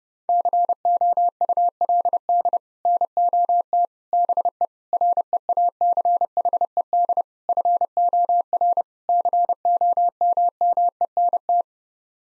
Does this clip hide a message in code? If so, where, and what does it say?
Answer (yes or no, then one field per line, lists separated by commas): yes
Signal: Morse code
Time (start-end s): 0.3-11.6 s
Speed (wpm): 32 wpm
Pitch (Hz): 700 Hz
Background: none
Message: COULD NOT BE REACHED FOR COMMENT